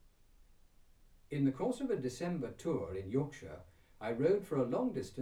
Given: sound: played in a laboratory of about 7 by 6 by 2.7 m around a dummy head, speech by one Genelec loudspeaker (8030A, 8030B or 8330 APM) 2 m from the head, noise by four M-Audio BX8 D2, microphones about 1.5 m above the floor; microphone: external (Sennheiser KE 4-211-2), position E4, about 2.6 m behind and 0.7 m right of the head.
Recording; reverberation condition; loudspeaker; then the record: male speech in English; low; 30 degrees to the left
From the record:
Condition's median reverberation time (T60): about 310 ms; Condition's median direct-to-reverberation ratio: about 3.5 dB